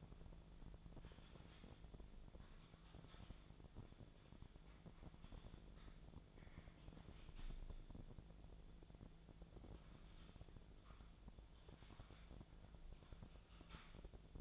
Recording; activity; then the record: daily activity, microphone in the room; typing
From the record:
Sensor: 5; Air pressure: 1000.3 hPa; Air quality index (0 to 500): 116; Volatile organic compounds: 1 ppm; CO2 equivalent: 928 ppm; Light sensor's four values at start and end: 123/289/124/134 and 121/284/122/132